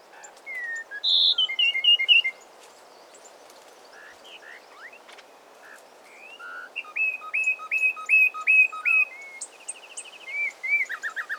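Peruvian wren: clear whistled notes with slurred elements and a run of repeated chirps, in two bursts with a quiet gap between them.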